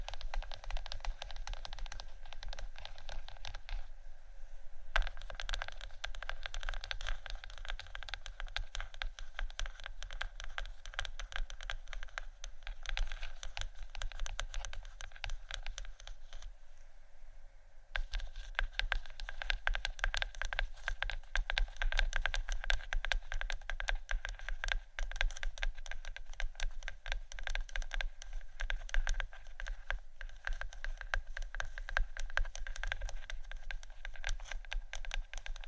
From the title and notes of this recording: ASMR Gentle Faux Leather Scratching & Tapping（No Talking）.